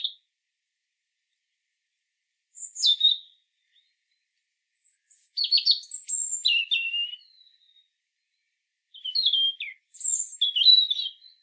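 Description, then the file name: European robin giving sparse, high notes, then longer bursts of thin, jumbled warbling separated by quiet pauses. "Erithacus rubecula"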